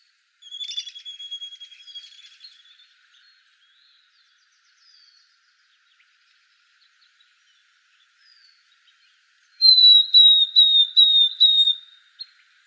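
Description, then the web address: Northern beardless-tyrannulet calls: a long, thin, level trilled note, then after a pause a series of about six clear, slightly descending whistled notes. Arizona, 2 May 2004. "Flycatchers NBTY 050204. deviche"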